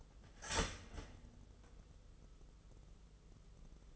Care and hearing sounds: daily activity, microphone in the room; start toaster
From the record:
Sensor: 4

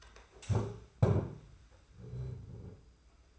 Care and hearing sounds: daily activity, microphone in the room; stand up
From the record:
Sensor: 2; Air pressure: 991.5 hPa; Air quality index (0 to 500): 170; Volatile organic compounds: 1000 ppm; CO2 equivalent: 5492 ppm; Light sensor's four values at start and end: 27/84/33/31 and 25/80/31/30

